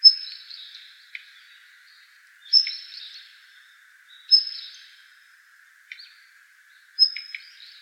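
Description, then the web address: Daurian redstart calls: a thin, high whistled note with dry ticking clicks, repeated four times, with a few separate ticks between. Recorded on 26 December 2016. "ruri-jou jobitaki 161226"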